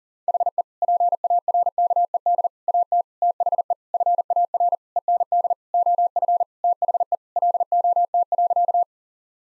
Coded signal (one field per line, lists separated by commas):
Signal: Morse code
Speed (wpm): 37 wpm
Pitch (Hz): 700 Hz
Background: none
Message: HE PARKED AT THE FAR END OF THE LOT.